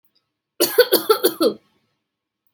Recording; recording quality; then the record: shallow voluntary cough; excellent, no background noise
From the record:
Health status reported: healthy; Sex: female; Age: 35 years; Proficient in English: yes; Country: India